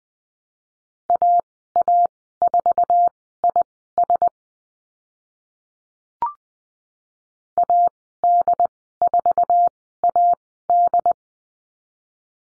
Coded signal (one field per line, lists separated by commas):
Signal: Morse code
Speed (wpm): 20 wpm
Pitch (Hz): 700 Hz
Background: none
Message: AA4IS AD4AD